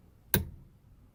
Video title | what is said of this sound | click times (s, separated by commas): How to Swap Steering Wheels - 2017 Subaru | set mine to 34 and that should be fine just wait till it clicks | 0.3 s